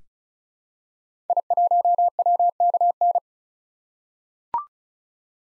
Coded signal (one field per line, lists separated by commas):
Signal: Morse code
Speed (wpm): 36 wpm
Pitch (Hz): 700 Hz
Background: none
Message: I1WKN